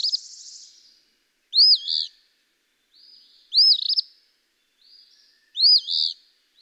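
Eastern phoebe singing three full scratchy fee-bee phrases about two seconds apart, each a bright arched note with a burry ending, after a cut-off phrase and brief buzzy lead-in.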